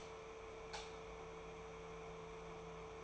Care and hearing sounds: daily activity, microphone in the room; light off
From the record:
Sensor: 1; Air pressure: 1014.6 hPa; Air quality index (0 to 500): 173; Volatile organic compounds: 14 ppm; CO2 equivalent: 2453 ppm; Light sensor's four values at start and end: 32/85/35/42 and 36/91/38/47

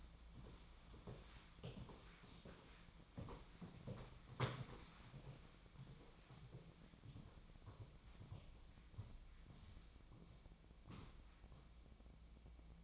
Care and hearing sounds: daily activity, microphone in the room; walk to room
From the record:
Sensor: 1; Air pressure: 1010.1 hPa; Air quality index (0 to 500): 184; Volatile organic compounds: 16 ppm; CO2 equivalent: 2527 ppm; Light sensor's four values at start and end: 37/95/39/48 and 38/98/41/50

